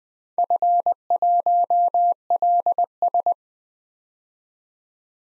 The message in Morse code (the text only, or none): F1LS